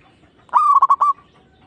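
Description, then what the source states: Zebra dove song, a single cooing phrase opening on a rising note and breaking into a few quick stuttered coos. Local (lokal) zebra dove, singing.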